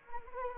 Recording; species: mosquito wingbeat signal from an infrared sensor; Anopheles arabiensis